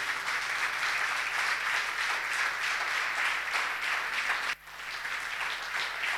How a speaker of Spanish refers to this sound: Si usted quiere, puede darle un aplauso a nuestro Señor Jesucristo.